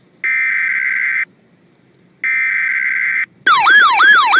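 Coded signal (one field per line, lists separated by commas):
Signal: Emergency Alert System (SAME) tones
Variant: header bursts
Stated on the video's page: Failed required weekly test from the Albuquerque weather service office, received on a Radioshack 12-996 weather radio.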